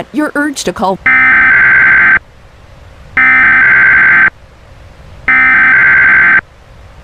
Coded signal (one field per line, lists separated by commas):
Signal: Emergency Alert System (SAME) tones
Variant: header bursts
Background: speech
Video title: EAS Scenario Cartooned to life p1 [unfinished]